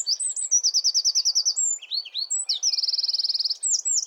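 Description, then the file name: Eurasian wren song: two long, loud, rapid trills of very high, metallic notes, mixed with sharp warbled phrases. "Troglodytes troglodytes"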